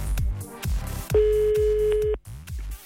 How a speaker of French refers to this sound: Composition live and direct du numéro de téléphone.